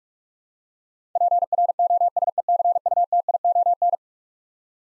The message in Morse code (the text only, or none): PROSECUTION